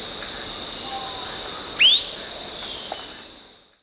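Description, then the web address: Long-tailed tyrant call: a single sharp upslurred whistle rising quickly, heard over a steady high insect drone. Recorded in Ecuador. "Birds of Ecuador Long-Tailed Tyrant"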